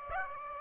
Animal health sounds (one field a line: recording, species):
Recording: mosquito wingbeat signal from an infrared sensor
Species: Aedes aegypti